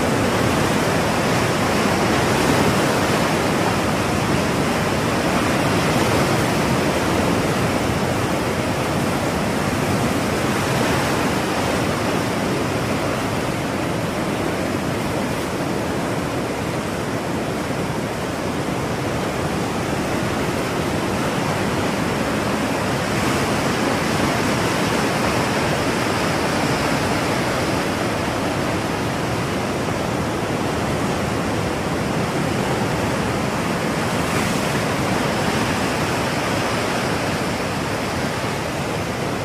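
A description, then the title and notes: Waves wash steadily against a sandy shore in a dense, unbroken hiss that stays level for the whole stretch. Faint swells rise every few seconds, around 11, 24 and 34 seconds, without any sharp breaks. The sound is full, with no other sounds standing out. Gentle caress of waves on sandy shores. Ocean Sounds.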